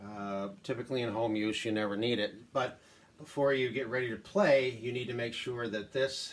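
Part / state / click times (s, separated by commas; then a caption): ball release catch on a pachinko machine / not seated / none. Someone talks while handling the maintenance ball-release catch on a Nishijin Model B pachinko machine, which must be pushed over to the right until it locks in place so balls go to the jackpot chamber instead of exiting the machine. The catch has not locked in place yet and nothing has clicked in this clip.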